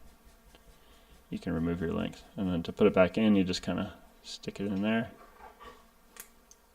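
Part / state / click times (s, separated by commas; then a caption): plastic suspension link into a tuning-kit storage holder / seated / 6.2 s. A plastic model suspension link from a tuning kit is pushed back into its storage holder while someone talks. After a pause in the talking, it seats with a click at 6.2 seconds, snapping back into the holder.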